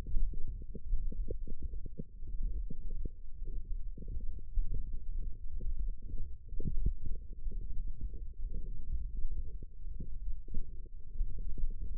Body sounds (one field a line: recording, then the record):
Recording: forearm muscle sounds (acoustic myography)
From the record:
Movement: hook grip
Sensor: system 1, eight BSWA MPA416 microphones around the upper forearm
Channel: 6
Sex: female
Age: 21 years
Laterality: right